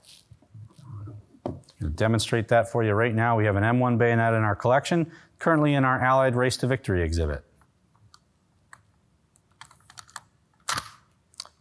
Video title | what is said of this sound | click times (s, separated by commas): In the Armory - M1 Garand | locks in right like that you can see it rattles a little bit but it otherwise | 10.7 s